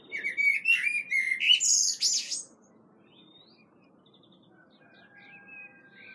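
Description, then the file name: Common blackbird calls: a burst of loud squeaky chattering notes, then quiet with faint thin high whistles in the background. "Turdus merula"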